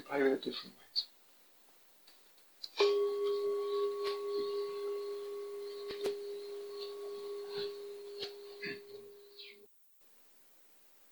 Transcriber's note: bell rings